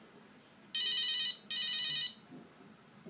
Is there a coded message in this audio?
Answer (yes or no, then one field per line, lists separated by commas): no